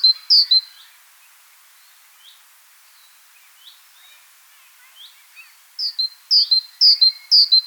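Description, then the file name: Great tit song: one high two-note phrase, then scattered soft thin notes, then the bright high-low pair repeating briskly about twice a second near the end. "Parus major"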